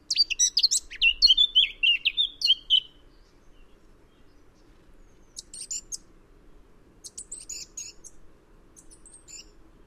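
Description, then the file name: Eurasian blackcap song: a rich, fast warbled phrase of varied high notes for about three seconds, followed by softer, scattered scratchy notes after a pause. "Sylvia atricapilla"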